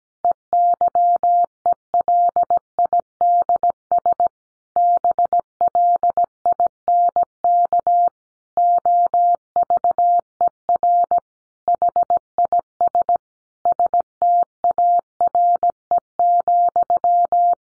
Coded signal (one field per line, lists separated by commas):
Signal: Morse code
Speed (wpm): 17 wpm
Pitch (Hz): 700 Hz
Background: none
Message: EYELIDS BLINK OVER HIS STARE,